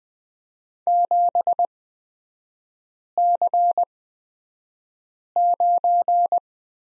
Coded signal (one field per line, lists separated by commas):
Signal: Morse code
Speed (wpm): 20 wpm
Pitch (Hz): 700 Hz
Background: none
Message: 7C9